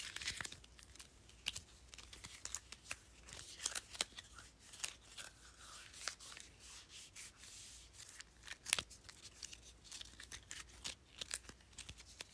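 Sticky notes are flipped and tapped in a quick, irregular run of crisp, bright papery clicks and flutters, with one sharper tap near nine seconds.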